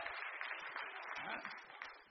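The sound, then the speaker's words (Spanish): An audience claps steadily for about two seconds, giving an applause to Christ during a preacher's service: a dense, even wash of many hands applauding together at a fairly constant loudness. “O cuando le da un aplauso a Cristo en el día de hoy.”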